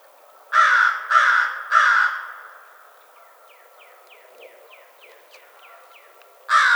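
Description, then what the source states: American crow cawing three times in quick, evenly spaced succession, then a pause filled with a rapid series of soft descending chirps from another bird, before one final harsh caw. Recorded 21 March 2007.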